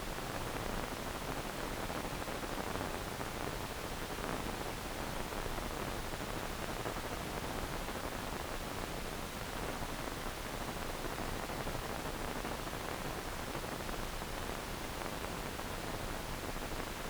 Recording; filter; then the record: brain microelectrode recording played as sound; wide band, above 20 Hz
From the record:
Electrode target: subthalamic nucleus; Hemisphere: left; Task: reaching with the right hand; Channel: 2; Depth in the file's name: 1.267 mm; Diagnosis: Parkinson's disease